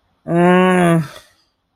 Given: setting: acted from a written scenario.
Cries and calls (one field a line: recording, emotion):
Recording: vocal sound without words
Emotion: distress